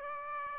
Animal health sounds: mosquito wingbeat signal from an infrared sensor; Aedes aegypti

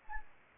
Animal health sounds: mosquito wingbeat signal from an infrared sensor; Anopheles arabiensis

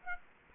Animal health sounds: mosquito wingbeat signal from an infrared sensor; Aedes aegypti

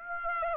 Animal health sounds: mosquito wingbeat signal from an infrared sensor; Aedes aegypti

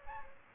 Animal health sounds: mosquito wingbeat signal from an infrared sensor; Aedes aegypti

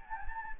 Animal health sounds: mosquito wingbeat signal from an infrared sensor; Anopheles gambiae

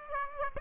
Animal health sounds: mosquito wingbeat signal from an infrared sensor; Aedes aegypti

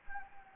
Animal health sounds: mosquito wingbeat signal from an infrared sensor; Anopheles gambiae

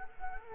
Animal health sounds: mosquito wingbeat signal from an infrared sensor; Culex quinquefasciatus

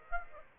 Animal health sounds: mosquito wingbeat signal from an infrared sensor; Aedes aegypti

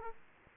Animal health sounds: mosquito wingbeat signal from an infrared sensor; Aedes aegypti

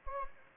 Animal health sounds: mosquito wingbeat signal from an infrared sensor; Anopheles gambiae

